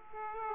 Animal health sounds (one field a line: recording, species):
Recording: mosquito wingbeat signal from an infrared sensor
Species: Aedes aegypti